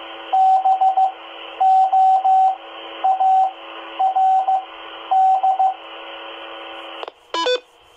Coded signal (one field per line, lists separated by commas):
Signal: Morse code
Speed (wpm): 15 wpm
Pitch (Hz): 760 Hz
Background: radio noise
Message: BOARD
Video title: Listening to 2 meter band repeater W2YRC @ 146.825 MHz Baofeng UV-5R and Explorer QRZ-1 audio tests